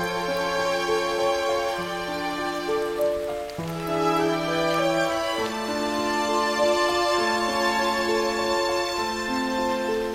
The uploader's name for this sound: Music w/ Rain Sounds